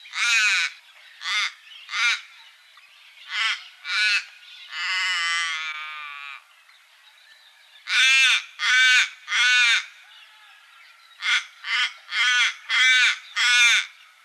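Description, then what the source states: Little raven calling in bursts of short, harsh, guttural caws, up to five at a time, with one longer drawn-out croaking note midway. Recorded in Canberra; listed among garden birds.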